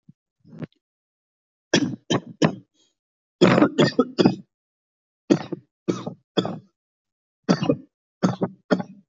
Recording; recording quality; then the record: shallow voluntary cough; excellent, no background noise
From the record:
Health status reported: healthy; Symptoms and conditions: none ticked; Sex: male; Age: 31 years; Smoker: not ticked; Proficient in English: yes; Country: India